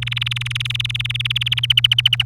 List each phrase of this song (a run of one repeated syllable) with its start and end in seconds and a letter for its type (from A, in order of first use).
0.02-1.59 A, 1.63-2.25 B